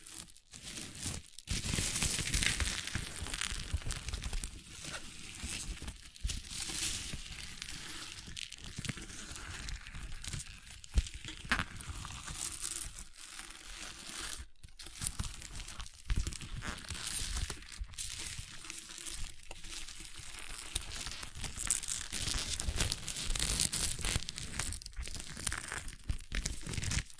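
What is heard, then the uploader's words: Crunchy slime is squeezed and worked for the whole stretch, giving a dense, continuous run of crackling, crinkling pops. Bright snapping bursts come in quick irregular clusters with brief near-silent gaps, and a few sharper crunches stand out around the middle and near the end. ASMR Satisfying Crunchy Slime (No Talking).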